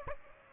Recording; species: mosquito wingbeat signal from an infrared sensor; Aedes aegypti